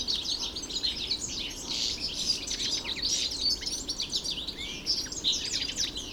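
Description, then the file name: European goldfinch song, a lively, unbroken twitter of high, tinkling chirps and short trills. Recorded in the Hofgarten park, Landshut, Germany, on 3 February 2015. "Stieglitz 03 02 2015 Landshut Hofgarten Susanne Rieck"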